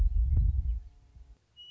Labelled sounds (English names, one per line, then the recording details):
Western Meadowlark
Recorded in Sonoma County, California